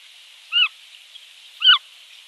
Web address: zvucite na golamata vidra kraskt na edno pile